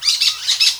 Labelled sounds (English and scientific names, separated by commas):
Brown-throated Parakeet (Eupsittula pertinax) contact call